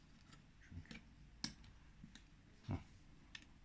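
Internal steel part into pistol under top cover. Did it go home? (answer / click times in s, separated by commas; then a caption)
no / none. A steel internal part is being handled into a Dreyse M1907 pistol, to be seated before the top cover goes back on, because otherwise the cover will not sit right. Small clicks and knocks are heard, with a sharp metallic tick at 1.4 s, a dull thump near 2.7 s and another tick at 3.4 s. Nothing has seated yet.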